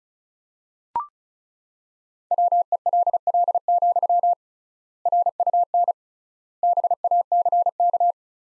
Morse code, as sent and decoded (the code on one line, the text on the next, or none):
.-- . .-.. .-.. --..-- / .-. ..- -. / -... .- -.-. -.-
WELL, RUN BACK